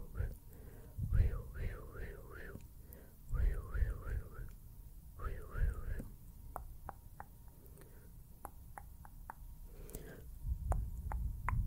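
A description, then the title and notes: Quiet mouth sounds. The first half has three bursts of soft, wavering, warbling vocal tones, then the rest turns to sharp, scattered wet clicks and pops with low rustling underneath. PLUCKING, VISUAL TRIGGERS, MOUTH SOUNDS, HAND MOVEMENTS.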